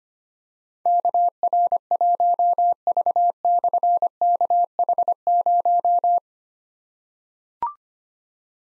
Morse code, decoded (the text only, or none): KR1V/KH0